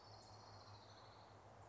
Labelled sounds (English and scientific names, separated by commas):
Orange-crowned Warbler (Leiothlypis celata)